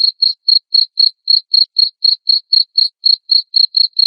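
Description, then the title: Cricket's shrill chirps come evenly spaced, some four per second, for the whole stretch with no other sounds. Loud cricket chirping played to make lovebirds sing continuously. "Suara JANGKRIK NGERIK Keras Bikin LOVEBIRD Jadi NGEKEK Terus Vubey"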